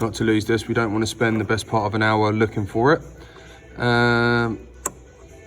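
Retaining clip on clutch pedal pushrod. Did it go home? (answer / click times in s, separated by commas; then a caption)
released / 4.9 s. Someone talks while a small hook is used to pull the retaining clip off the clutch pedal pushrod, at the clutch master cylinder and pedal linkage of a Vauxhall Insignia during clutch master cylinder replacement. After a steady tonal hum from about 3.8 to 4.5 s, a sharp, brief click at 4.9 s marks the retaining clip clicking out and releasing.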